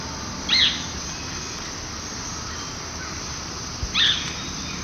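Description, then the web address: Yellow-browed antbird calls: two short, sharp, high notes about three and a half seconds apart over a steady hiss of background noise. Male calling; eastern lowlands of South America. "Natures Songs S America Eastern Lowlands. Hypocnemis hypoxantha, call male"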